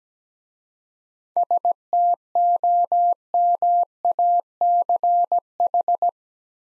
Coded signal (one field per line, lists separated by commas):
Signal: Morse code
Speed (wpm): 17 wpm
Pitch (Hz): 700 Hz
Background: none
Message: STOMACH